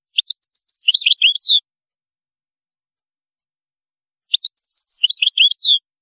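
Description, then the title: European goldfinch song: two matching phrases of rapid tinkling notes ending in a slurred descending twitter, separated by about three seconds of silence. "Chant Chardonneret"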